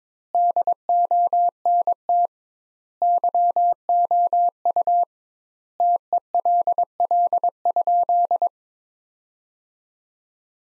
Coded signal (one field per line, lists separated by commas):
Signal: Morse code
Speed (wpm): 21 wpm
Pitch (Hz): 700 Hz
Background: none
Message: DONT YOU TELL?